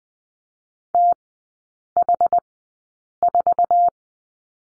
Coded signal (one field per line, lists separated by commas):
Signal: Morse code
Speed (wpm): 20 wpm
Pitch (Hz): 700 Hz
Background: none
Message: TH4